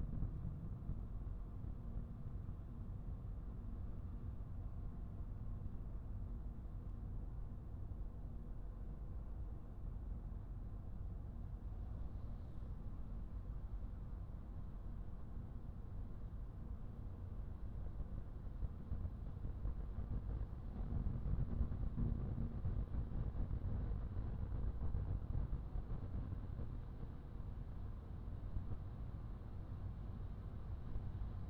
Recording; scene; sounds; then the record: everyday scene through a hearing-aid microphone; in a vehicle; engine, highway driving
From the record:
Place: Skoda Fabia, gasoline engine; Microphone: behind the ear, right, front